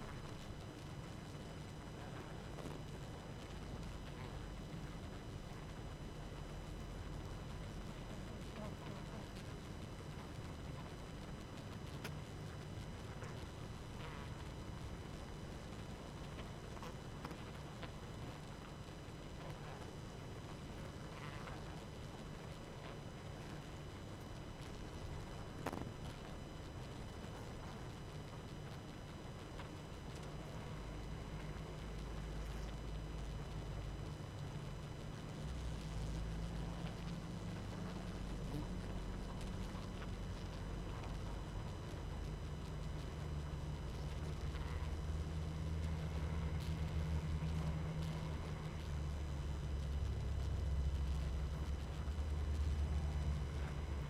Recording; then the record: honeybee colony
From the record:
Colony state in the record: active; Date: 12 June 2018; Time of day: 22:39